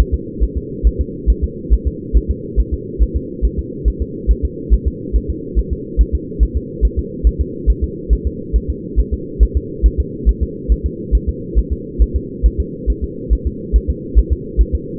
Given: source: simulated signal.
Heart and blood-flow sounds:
fetal heart sounds
0.00 s: S1
0.14 s: S2
0.44 s: S1
0.57 s: S2
0.87 s: S1
1.01 s: S2
1.30 s: S1
1.44 s: S2
1.73 s: S1
1.88 s: S2
2.17 s: S1
2.31 s: S2
2.60 s: S1
2.74 s: S2
3.03 s: S1
3.16 s: S2
3.45 s: S1
3.59 s: S2
3.88 s: S1
4.02 s: S2
4.31 s: S1
4.45 s: S2
4.74 s: S1
4.88 s: S2
5.16 s: S1
5.30 s: S2
5.59 s: S1
5.73 s: S2
6.01 s: S1
6.15 s: S2
6.43 s: S1
6.57 s: S2
6.85 s: S1
6.99 s: S2
7.27 s: S1
7.41 s: S2
7.70 s: S1
7.84 s: S2
8.13 s: S1
8.27 s: S2
8.56 s: S1
8.70 s: S2
9.00 s: S1
9.14 s: S2
9.43 s: S1
9.57 s: S2
9.86 s: S1
10.00 s: S2
10.29 s: S1
10.43 s: S2
10.72 s: S1
10.86 s: S2
11.15 s: S1
11.29 s: S2
11.58 s: S1
11.72 s: S2
12.02 s: S1
12.16 s: S2
12.46 s: S1
12.60 s: S2
12.90 s: S1
13.04 s: S2
13.33 s: S1
13.47 s: S2
13.76 s: S1
13.90 s: S2
14.19 s: S1
14.33 s: S2
14.61 s: S1
14.75 s: S2
From the record:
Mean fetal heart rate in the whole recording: 140 bpm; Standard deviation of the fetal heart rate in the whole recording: 2 bpm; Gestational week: 34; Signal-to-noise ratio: -4.1 dB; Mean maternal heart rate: no maternal heart sound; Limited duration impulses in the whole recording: absent

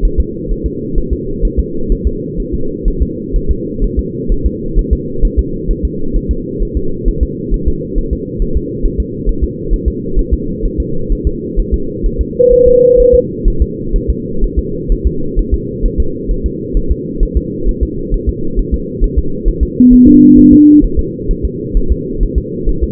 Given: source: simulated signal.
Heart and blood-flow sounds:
fetal heart sounds
0.05 s: S1
0.20 s: S2
0.52 s: S1
0.66 s: S2
0.98 s: S1
1.13 s: S2
1.45 s: S1
1.59 s: S2
1.92 s: S1
2.07 s: S2
2.40 s: S1
2.54 s: S2
2.88 s: S1
3.03 s: S2
3.36 s: S1
3.51 s: S2
3.84 s: S1
3.99 s: S2
4.32 s: S1
4.46 s: S2
4.79 s: S1
4.93 s: S2
5.25 s: S1
5.39 s: S2
5.71 s: S1
5.85 s: S2
6.17 s: S1
6.31 s: S2
6.62 s: S1
6.77 s: S2
7.08 s: S1
7.23 s: S2
7.54 s: S1
7.68 s: S2
7.98 s: S1
8.13 s: S2
8.42 s: S1
8.57 s: S2
8.86 s: S1
9.00 s: S2
9.29 s: S1
9.44 s: S2
9.73 s: S1
9.88 s: S2
10.19 s: S1
10.34 s: S2
10.66 s: S1
10.80 s: S2
11.12 s: S1
11.27 s: S2
11.59 s: S1
11.74 s: S2
12.06 s: S1
12.21 s: S2
12.53 s: S1
12.68 s: S2
13.00 s: S1
13.15 s: S2
13.48 s: S1
13.62 s: S2
13.96 s: S1
14.10 s: S2
14.44 s: S1
14.59 s: S2
14.92 s: S1
15.07 s: S2
15.39 s: S1
15.54 s: S2
15.86 s: S1
16.00 s: S2
16.31 s: S1
16.46 s: S2
16.77 s: S1
16.92 s: S2
17.23 s: S1
17.37 s: S2
17.69 s: S1
17.83 s: S2
18.14 s: S1
18.29 s: S2
18.59 s: S1
18.74 s: S2
19.04 s: S1
19.19 s: S2
19.48 s: S1
19.63 s: S2
19.93 s: S1
20.08 s: S2
20.39 s: S1
20.53 s: S2
20.84 s: S1
20.99 s: S2
21.31 s: S1
21.45 s: S2
21.77 s: S1
21.92 s: S2
22.23 s: S1
22.38 s: S2
22.69 s: S1
22.84 s: S2
From the record:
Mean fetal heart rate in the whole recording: 130 bpm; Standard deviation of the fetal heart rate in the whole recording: 4 bpm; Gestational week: 38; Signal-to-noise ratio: -8.1 dB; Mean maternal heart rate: 72 bpm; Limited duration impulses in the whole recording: present

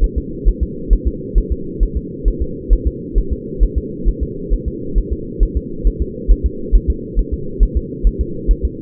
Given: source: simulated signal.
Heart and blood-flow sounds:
fetal heart sounds
0.04 s: S1
0.18 s: S2
0.48 s: S1
0.63 s: S2
0.93 s: S1
1.07 s: S2
1.38 s: S1
1.52 s: S2
1.83 s: S1
1.97 s: S2
2.28 s: S1
2.42 s: S2
2.73 s: S1
2.87 s: S2
3.18 s: S1
3.33 s: S2
3.63 s: S1
3.78 s: S2
4.08 s: S1
4.23 s: S2
4.54 s: S1
4.68 s: S2
4.98 s: S1
5.13 s: S2
5.43 s: S1
5.57 s: S2
5.87 s: S1
6.02 s: S2
6.32 s: S1
6.46 s: S2
6.75 s: S1
6.90 s: S2
7.19 s: S1
7.33 s: S2
7.63 s: S1
7.77 s: S2
8.07 s: S1
8.21 s: S2
8.51 s: S1
8.65 s: S2
From the record:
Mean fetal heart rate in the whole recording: 135 bpm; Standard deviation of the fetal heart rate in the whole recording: 3 bpm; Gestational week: 36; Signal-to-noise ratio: -4.3 dB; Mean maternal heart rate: 72 bpm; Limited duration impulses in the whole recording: absent

